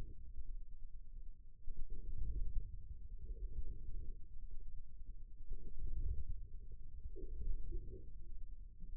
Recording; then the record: forearm muscle sounds (acoustic myography)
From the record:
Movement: inward rotation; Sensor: system 2, bracelet of six BSWA MPA416 microphones around the upper forearm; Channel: 3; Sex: male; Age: 22 years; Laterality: right